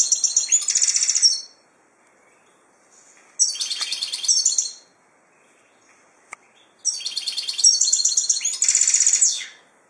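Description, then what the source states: Finch song: three dense, high, buzzy-chattering phrases separated by silences, with a single click between them. Labelled 'drunk'; Ilam.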